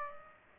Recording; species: mosquito wingbeat signal from an infrared sensor; Aedes aegypti